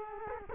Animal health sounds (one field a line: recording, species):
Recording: mosquito wingbeat signal from an infrared sensor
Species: Culex quinquefasciatus